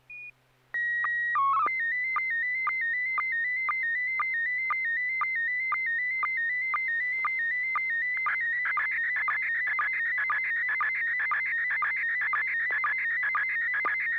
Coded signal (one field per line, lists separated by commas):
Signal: SSTV (slow-scan television)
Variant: PD 120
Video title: N6NA SSTV Net - 07/23/2025